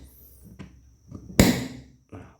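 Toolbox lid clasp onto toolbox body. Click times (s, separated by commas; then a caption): 1.4 s. The tight clasp of a 20-inch toolbox lid is pressed down firmly onto the toolbox body and snaps shut with one sharp, loud click at 1.4 s, preceded by faint handling knocks. The latch is now seated, fully locked and very tight.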